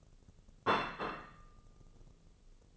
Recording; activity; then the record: daily activity, microphone in the room; place plate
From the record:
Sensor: 4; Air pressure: 996.0 hPa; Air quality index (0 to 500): 62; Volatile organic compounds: 2 ppm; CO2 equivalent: 1108 ppm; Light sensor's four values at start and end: 13/37/13/14 and 13/37/13/14